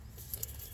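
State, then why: Seated. A fuel line quick-connect fitting is pushed fully onto the engine's fuel pipe on a 2017-2020 Nissan Rogue 2.5L and its lock is pressed down. Two short, sharp, bright clicks sound at 0.3 s and 0.4 s over a low, steady background hum. The clicks show the connector went on far enough and locked, so it is seated.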